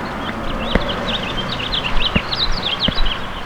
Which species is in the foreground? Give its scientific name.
Haemorhous mexicanus